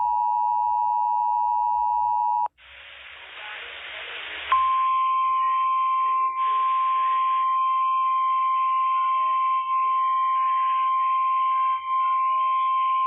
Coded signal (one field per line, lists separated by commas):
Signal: Emergency Alert System (SAME) tones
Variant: 853 and 960 Hz attention tone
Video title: (EAS #15) PDS TORNADO WARNING ON KALT FM